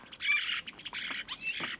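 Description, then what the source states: Common Starling song: a quick jumble of chirpy, scratchy notes with a few thin whistles, delivered in short bursts with brief gaps between them. Recorded in Corsica with a sound trap below a scops owl's song post; it sang above the microphones at daybreak for several minutes.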